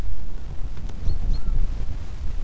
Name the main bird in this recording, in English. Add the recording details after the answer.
Common Chaffinch. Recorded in Germany. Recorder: ecoPi